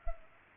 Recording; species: mosquito wingbeat signal from an infrared sensor; Culex pipiens